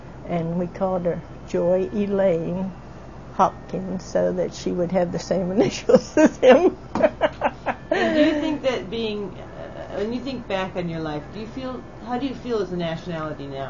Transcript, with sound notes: and we called Joy Elained Hopkins so that she would have the same initials as him (laughing)
Do you think that being, when you think back on your life, do you feel, how do you feel as a nationality now?